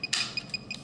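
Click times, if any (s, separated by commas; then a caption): 0.1 s. The plastic protective cover over the controls of an external pacemaker is pressed shut until it latches, since it must be closed before the battery is changed. A sharp click at 0.1 s marks the lid locking, set against short, evenly repeating high-pitched beeps. The cover is latched closed.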